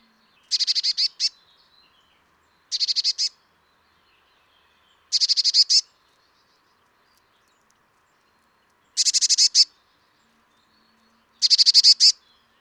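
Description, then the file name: Eurasian blue tit calling in short scolding bursts of rapid, chattering notes, five bursts spaced about two to four seconds apart, with silence between. "Cyanistes caeruleus"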